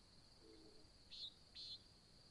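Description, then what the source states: Nighthawk giving two quick nasal buzzy notes half a second apart, with a continuous high-pitched insect drone behind. Recorded at Sutton in July 2017 at dawn; labelled as nighthawk competition.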